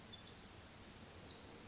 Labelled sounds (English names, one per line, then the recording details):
Pacific Wren
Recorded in Sonoma County, California